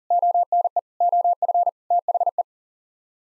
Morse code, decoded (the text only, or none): ONE OF THE